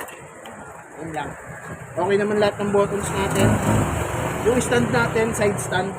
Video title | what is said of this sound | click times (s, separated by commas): Complete details ng Honda Click 125 V3 ❤️😍 | Nakalock na yan. Release. | 0.5 s